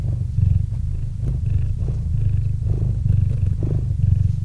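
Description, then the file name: Cat purring, low throbbing rumble rising and falling with in- and out-breaths. Cat named Murchik purring into a microphone. "Kot Murchik - Murchanie kota kot murchal v mikrofon"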